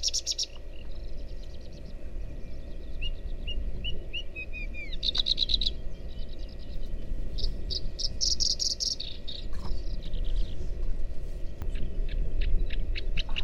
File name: Horsfield Bushlark